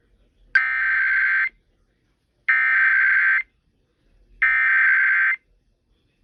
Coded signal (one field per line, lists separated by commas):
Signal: Emergency Alert System (SAME) tones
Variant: header bursts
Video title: A Slight Inconvenience... EAS Alerts from 3/14/24 (EAS #569-613)